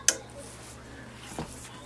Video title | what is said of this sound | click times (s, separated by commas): HP OfficeJet Pro 6978 Ink Cartridge Replacement review. | you will hear click sound that means it's looked so | 0.1 s